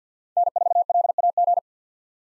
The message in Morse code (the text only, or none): N4LAG